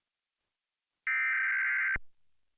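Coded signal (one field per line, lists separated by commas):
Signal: Emergency Alert System (SAME) tones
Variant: header bursts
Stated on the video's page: National EAS test relayed over a Charter Communications cable system in Northern Michigan.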